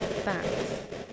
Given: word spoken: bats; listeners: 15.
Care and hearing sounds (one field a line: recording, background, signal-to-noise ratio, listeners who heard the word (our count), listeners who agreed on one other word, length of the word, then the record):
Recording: one English word in noise, from a listening test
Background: noise modulated by three-talker babble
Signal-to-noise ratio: -3.9 dB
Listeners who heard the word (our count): 0 of 15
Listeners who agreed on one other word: 6 of 15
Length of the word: 0.73 s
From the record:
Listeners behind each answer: 6, 4, 3, 1, 1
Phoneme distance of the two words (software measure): 24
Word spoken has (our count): 1 syllable, 4 phonemes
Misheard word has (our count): 1 syllable, 4 phonemes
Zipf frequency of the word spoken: 4.01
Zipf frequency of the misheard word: 5.45